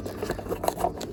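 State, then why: Not seated. A mirror wiring or trim part (exact part unclear) is pushed by hand into the car door, the same way it was removed, while facelift Subaru Forester SG mirrors are installed on a non-facelift Forester SG. Soft handling and rubbing noises are heard, with brief sharper taps near 0.7 s and 0.8 s. Nothing has seated or clicked into place yet.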